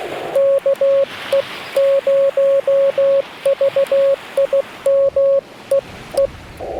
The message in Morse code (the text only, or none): KE0VIM EE